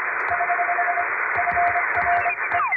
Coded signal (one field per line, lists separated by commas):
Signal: Morse code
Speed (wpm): 24 wpm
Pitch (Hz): 700 Hz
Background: music, radio noise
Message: <HH> FRE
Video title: 【無線通信士】欧文ＣＷをエレキーＭＫ－７０６で叩いてみました。生身のモールス信号で受信練習をしてみませんか(training for radio operator)